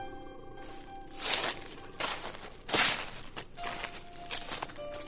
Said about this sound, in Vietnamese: nghe có tiếng loạt soạt, như là có ai đang ở trong cái bụi cây ở ngay bên kia.